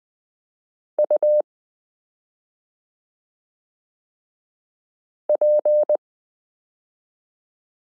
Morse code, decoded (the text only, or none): U P